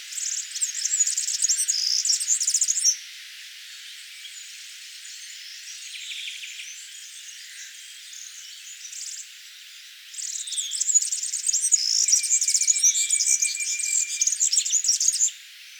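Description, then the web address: European serin song: two rapid, high-pitched, sizzling jingles, about three and five seconds long, separated by a quiet gap with faint chirps. "vogelstimmen girlitz gesang nabu lars lachmann"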